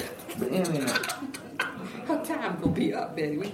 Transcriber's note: laughter